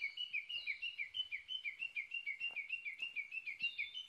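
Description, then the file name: Japanese bush warbler uttering rapid, evenly spaced, slurred high notes, about three each second, in a continuous chattering run. Recorded 22 May 2011 at 05:58. "uguisu-20110522-0558"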